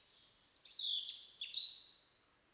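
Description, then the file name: European robin song: a rich, quick warbling phrase of high tumbling notes with abrupt pitch jumps, tailing off after about a second and a half. "Erithacus rubecula"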